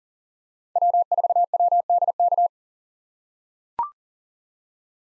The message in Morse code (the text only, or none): W4WDK